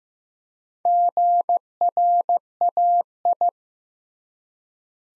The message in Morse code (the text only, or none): GRAI